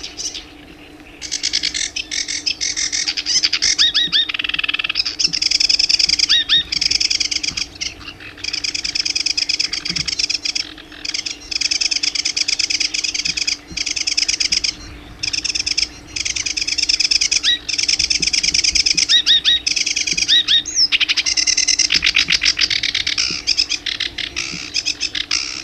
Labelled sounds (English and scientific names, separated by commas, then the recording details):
Sedge Warbler (Acrocephalus schoenobaenus) song
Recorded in the wild
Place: Illmitz, AT
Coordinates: 47.7622, 16.8036
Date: 1972-05-02
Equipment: Uher Report 4200, AKG D190C in Doppel-Parabolreflektor
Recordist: Krey, Winfried